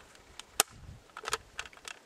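A plastic perch is pushed into the plastic tube of a Perky Pet Classic Finch Tube Feeder and snaps in with a sharp click at 0.6 s. A few softer clicks and taps follow. The perch ends up held securely in the tube.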